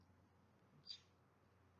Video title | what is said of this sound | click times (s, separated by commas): how to repair or replace phone screen on Galaxy A10e 2019 | gonna stick your finger hear that click lift it and normally you can slide this back | 0.9 s